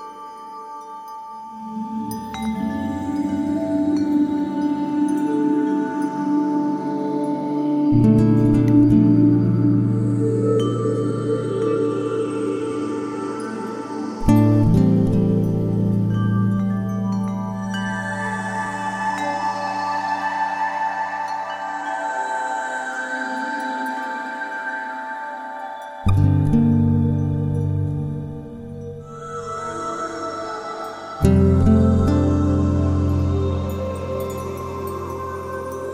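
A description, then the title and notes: An acoustic guitar improvisation rings over synthesized pads, with long sustained low chords that shift at about 8, 14, 26 and 31 seconds, each change marked by a sharp attack. Bright, shimmering bell-like tones float above throughout, swelling and fading without a steady beat. Acoustic guitar improvisation, sound of wind bells and synthesized pads.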